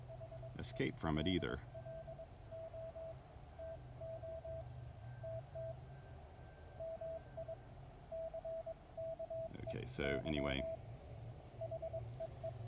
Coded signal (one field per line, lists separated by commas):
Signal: Morse code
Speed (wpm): 21 wpm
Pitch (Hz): 660 Hz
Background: speech, radio noise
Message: HELLO TO TT MICKEY HEE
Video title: Speedy POTA Activation: Taking the lab599 Discovery TX 500, Packtenna 9:1, and T1 to Lake James